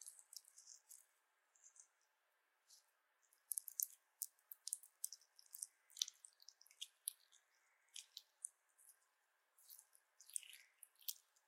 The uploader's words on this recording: 滑溜溜的果凍觸發 | Jelly Trigger. NO Talking.